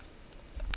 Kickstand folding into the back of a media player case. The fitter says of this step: so it locks in place um let's take a look around the device so